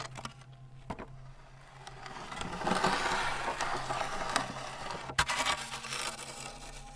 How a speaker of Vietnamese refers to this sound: Bởi vì hình như Đào mơ hồ cảm giác có tiếng như là ai đang cào cào ngay đằng sau cánh cửa.